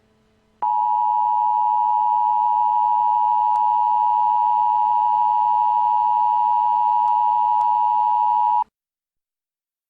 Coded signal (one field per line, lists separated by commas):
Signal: Emergency Alert System (SAME) tones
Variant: 853 and 960 Hz attention tone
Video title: [EAS Remake] Amber Alert for Devion and Neveah McCollum